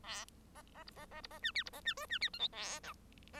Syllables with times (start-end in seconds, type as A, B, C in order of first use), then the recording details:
0.03-0.25 A, 0.55-0.62 B, 0.74-0.83 B, 0.86-0.90 C, 0.95-1.05 B, 1.10-1.21 B, 1.23-1.27 C, 1.30-1.39 B, 1.42-1.51 D, 1.54-1.63 E, 1.65-1.70 C, 1.72-1.81 B, 1.84-1.94 D, 1.97-2.06 F, 2.09-2.18 D, 2.21-2.29 E, 2.33-2.39 G, 2.39-2.48 H, 2.52-2.80 A, 2.83-2.93 I. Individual Bird1